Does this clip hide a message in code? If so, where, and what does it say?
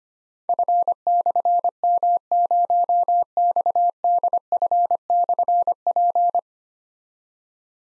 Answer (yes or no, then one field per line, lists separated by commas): yes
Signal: Morse code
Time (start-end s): 0.5-6.4 s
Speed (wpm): 25 wpm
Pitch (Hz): 700 Hz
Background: none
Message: F/M0XDF/P